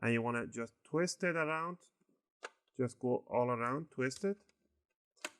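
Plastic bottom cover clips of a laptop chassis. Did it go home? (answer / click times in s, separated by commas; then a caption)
released / 5.2 s. Someone talks while twisting a guitar pick between the plastic top and bottom covers of an HP Pavilion Gaming 15 DK laptop to release the bottom cover's plastic clips. A sharp click at 5.3 s is a clip popping loose, which is the normal, intended release.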